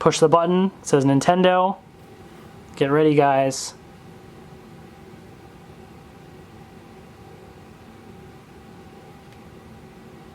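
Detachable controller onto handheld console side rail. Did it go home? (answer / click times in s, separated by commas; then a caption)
no / none. Someone talks over the first few seconds while a detachable controller is handled beside the side rail of a powered-on gray Nintendo Switch handheld console during setup, followed by a low steady hiss until the end. Nothing has clicked or seated yet; the controller is not yet home on the rail.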